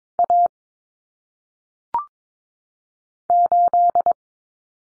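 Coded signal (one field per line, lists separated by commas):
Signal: Morse code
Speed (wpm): 22 wpm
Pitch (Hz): 700 Hz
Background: none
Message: A 8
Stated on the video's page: Morse drill of common single-digit cut numbers at 22 wpm, with T, A, N for 0, 1, 9; each sent twice for head-copy.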